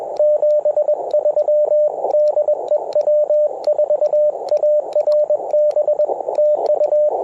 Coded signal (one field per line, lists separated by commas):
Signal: Morse code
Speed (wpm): 21 wpm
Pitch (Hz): 600 Hz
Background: radio noise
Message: 73 DE W4ARB TU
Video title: Ten-Tec Argonaut V - CW POTA 8/28/23 @ K-4451